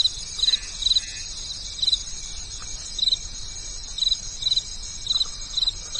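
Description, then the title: Insects chirp in quick pulsed clusters, repeating over a constant shrill background buzz. At night. "From night to morning, the sound of nature and insects at night"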